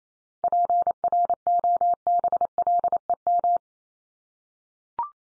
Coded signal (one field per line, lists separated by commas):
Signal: Morse code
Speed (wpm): 28 wpm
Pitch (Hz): 700 Hz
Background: none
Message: PROBLEM